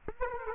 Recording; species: mosquito wingbeat signal from an infrared sensor; Aedes aegypti